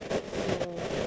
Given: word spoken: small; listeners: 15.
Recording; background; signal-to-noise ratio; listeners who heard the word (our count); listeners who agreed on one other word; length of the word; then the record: one English word in noise, from a listening test; noise modulated by three-talker babble; -6.9 dB; 0 of 15; 6 of 15; 0.67 s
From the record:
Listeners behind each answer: 6, 2, 2, 1, 1, 1, 1, 1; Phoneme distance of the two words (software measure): 14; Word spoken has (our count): 1 syllable, 4 phonemes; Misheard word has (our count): 1 syllable, 2 phonemes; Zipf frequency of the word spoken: 5.43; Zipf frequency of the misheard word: 5.40